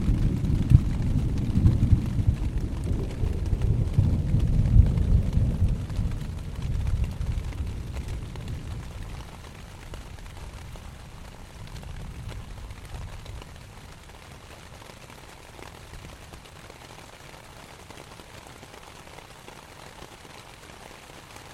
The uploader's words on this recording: Rain on tent, Thunder with reverb valley nearby - Binaural field recording. This is a binaural audio recording.